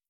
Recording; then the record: hydrophone in a shrimp aquaculture tank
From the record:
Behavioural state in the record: starved